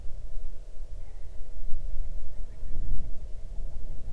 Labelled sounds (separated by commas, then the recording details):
grouse or ptarmigan, wind
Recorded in the Arctic National Wildlife Refuge, Alaska, on 8 June 2019 at 00:04
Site 40